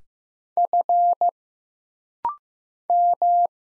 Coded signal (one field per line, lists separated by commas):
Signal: Morse code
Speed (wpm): 15 wpm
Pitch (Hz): 700 Hz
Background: none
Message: F M